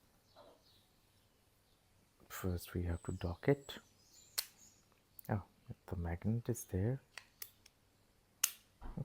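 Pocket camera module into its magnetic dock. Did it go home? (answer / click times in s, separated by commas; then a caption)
yes / 8.4 s. A pocket camera module is docked into its magnetic dock or control unit while someone talks. It snaps home with a sharp click at 8.4 seconds and is seated.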